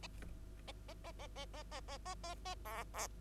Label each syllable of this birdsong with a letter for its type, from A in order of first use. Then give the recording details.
A A A A A A A A A A A B B. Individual Bird2